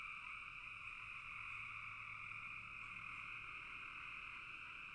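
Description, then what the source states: Many frogs calling at once, their calls merging into a seamless buzzy drone, with a faint low hum underneath. Recorded in a bog.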